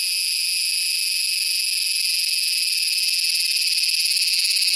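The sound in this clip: Purana sagittata cicada producing a steady, high, rapidly pulsed buzz that holds throughout and grows slightly louder and more throbbing toward the end.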